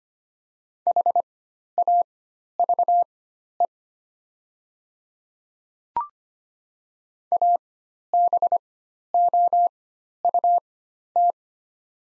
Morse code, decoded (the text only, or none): HAVE ABOUT